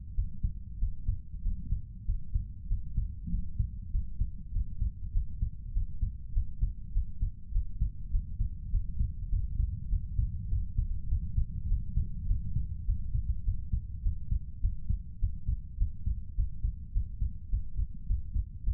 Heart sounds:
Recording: heart sounds by stethoscope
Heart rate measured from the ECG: 101 bpm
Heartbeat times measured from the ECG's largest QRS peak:
0.13 s: heartbeat
0.77 s: heartbeat
1.40 s: heartbeat
2.03 s: heartbeat
2.66 s: heartbeat
3.28 s: heartbeat
3.89 s: heartbeat
4.50 s: heartbeat
5.11 s: heartbeat
5.71 s: heartbeat
6.31 s: heartbeat
6.91 s: heartbeat
7.50 s: heartbeat
8.09 s: heartbeat
8.69 s: heartbeat
9.28 s: heartbeat
9.87 s: heartbeat
10.47 s: heartbeat
11.06 s: heartbeat
11.66 s: heartbeat
12.25 s: heartbeat
12.84 s: heartbeat
13.42 s: heartbeat
14.01 s: heartbeat
14.59 s: heartbeat
15.17 s: heartbeat
15.76 s: heartbeat
16.33 s: heartbeat
16.91 s: heartbeat
17.48 s: heartbeat
18.05 s: heartbeat
18.62 s: heartbeat
From the record:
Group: healthy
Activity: Valsalva maneuver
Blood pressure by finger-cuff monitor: 119/82 mmHg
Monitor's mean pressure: 92 mmHg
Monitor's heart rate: 101 bpm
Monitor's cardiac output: 6.7 L/min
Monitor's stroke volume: 67 mL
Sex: female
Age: 32 years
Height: 172 cm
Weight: 71.7 kg

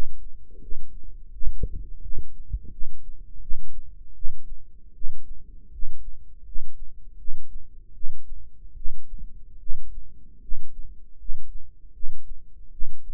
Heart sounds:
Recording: heart sounds by microphone in the right ear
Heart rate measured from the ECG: 79 bpm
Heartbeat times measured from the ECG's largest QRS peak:
0.61 s: heartbeat
1.31 s: heartbeat
2.02 s: heartbeat
2.72 s: heartbeat
3.41 s: heartbeat
4.15 s: heartbeat
4.94 s: heartbeat
5.72 s: heartbeat
6.45 s: heartbeat
7.18 s: heartbeat
7.94 s: heartbeat
8.76 s: heartbeat
9.60 s: heartbeat
10.41 s: heartbeat
11.18 s: heartbeat
11.93 s: heartbeat
12.71 s: heartbeat
From the record:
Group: healthy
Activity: rest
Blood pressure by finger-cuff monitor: 125/62 mmHg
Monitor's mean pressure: 79 mmHg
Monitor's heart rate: 81 bpm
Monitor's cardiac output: 8.8 L/min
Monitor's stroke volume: 109 mL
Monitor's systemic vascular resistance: 650 dyn s/cm5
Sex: male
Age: 35 years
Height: 180 cm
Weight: 86.9 kg

